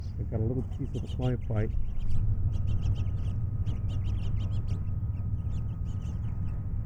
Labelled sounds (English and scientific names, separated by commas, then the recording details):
House Finch (Haemorhous mexicanus) song
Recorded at Oceanside on Long Island, New York, on 17 June 1975
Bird D